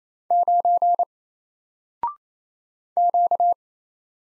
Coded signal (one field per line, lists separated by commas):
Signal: Morse code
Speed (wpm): 27 wpm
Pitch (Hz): 700 Hz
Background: none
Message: 9 Q